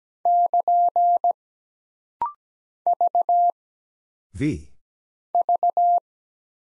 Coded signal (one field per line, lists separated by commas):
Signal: Morse code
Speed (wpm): 17 wpm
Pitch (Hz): 700 Hz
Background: none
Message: <KN> V V